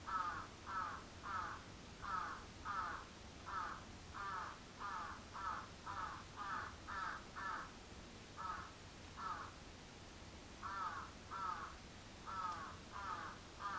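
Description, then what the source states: Crow calling with a long series of rasping caws, a dense run at first, then a brief pause and further caws. Recorded 14 July 2022 at 06:37.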